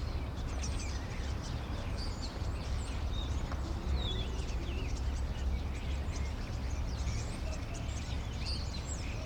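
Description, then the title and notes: Common starlings keep up scattered whistles, slurred notes and clicks, several birds at once, with steady low-frequency urban noise behind. Several starlings perched on a crane in an inner courtyard at Rue Tasson-Snel 9, Saint-Gilles, Belgium; recorded with a Sony PCM-M10. "Rue Tasson-Snel 9, 1060 Saint-Gilles, Belgique - Étourneaux - Starlings. Étourneaux sur une grue, intérieur dîlot. Starlings on a crane, Inner courtyard"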